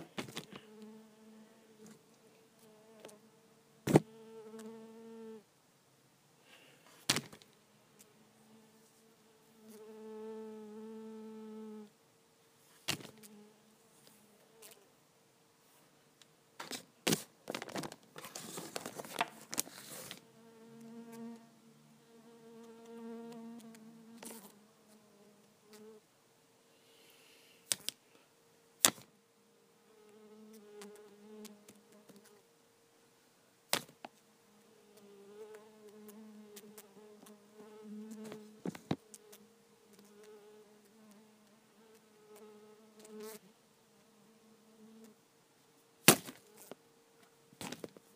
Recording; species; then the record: mosquito flight sound by mobile phone; Culiseta incidens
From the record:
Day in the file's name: 2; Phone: iPhone 5